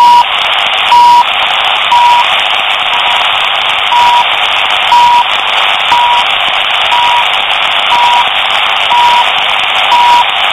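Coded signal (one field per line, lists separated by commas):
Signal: radio time signal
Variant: CHU Canada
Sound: short 1 kHz beeps every second, about 10 ticks, through loud hiss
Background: radio static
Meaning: Each tick marks one second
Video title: CHU TIME SIGNAL STATION CANADA 7850 KHz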